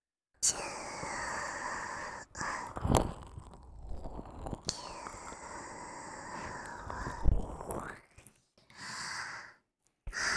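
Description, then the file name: Wolf howls, drawn-out tones falling and rising in pitch, with sharp gaps between calls and low rumbling underneath. "ulv"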